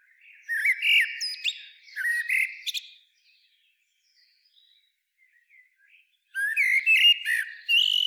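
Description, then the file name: Common blackbird singing a few mellow whistled phrases, each breaking into thin scratchy twitters, with a quiet gap of faint high chirps before the last. "Turdus merula"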